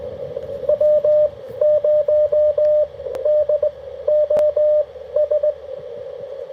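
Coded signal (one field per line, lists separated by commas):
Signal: Morse code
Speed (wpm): 18 wpm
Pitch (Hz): 600 Hz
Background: radio noise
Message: W0DOS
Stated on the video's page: CW from a Parks on the Air activation at Fort Deseret, Utah.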